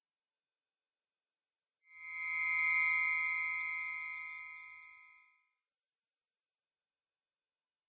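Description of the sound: A steady, very high-pitched ringing tone runs the full eight seconds, with a brief cluster of extra shrill tones in the middle few seconds. It is a simulated tinnitus sound imitating the constant ringing in the ears that sufferers perceive.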